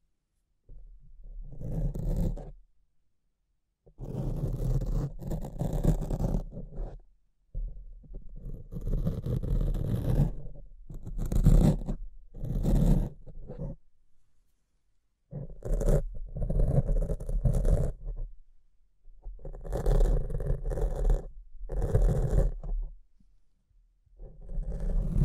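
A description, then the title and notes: Scratching and rubbing on a microphone comes in bursts of dense, rough rustle lasting two to four seconds, with short silent gaps between them. The sound is mostly low and thick, with scraping streaks reaching bright, and grows choppier between ten and fourteen seconds. ASMR Brain Melting Mic Scratching (No Talking).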